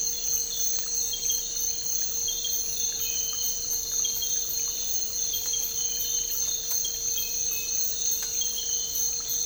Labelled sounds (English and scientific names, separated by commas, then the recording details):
none
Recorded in dense forest near Puerto Asís, Putumayo, Colombia, on 9 March 2025 at 06:00
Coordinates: 0.467, -76.328
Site G041